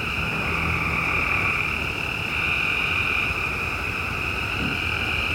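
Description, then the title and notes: Frogs calling in a dense, continuous chorus, a steady high trilling band with a lower buzzing layer beneath, over constant noisy hiss and low rumble. Frogs on the outskirts of a yard, around 10pm during the last week of June; noisy. "Frogs At 10pm. Noisy recording of frogs on the outskirts of our yard, at around 10pm during the last week of June"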